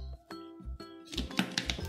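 With music playing in the background, the lid of a blender jar used for a milkshake is closed and its small latch is pushed until it locks. Sharp clicks sound at 1.4 s and 1.6 s, and the latch locks the lid shut.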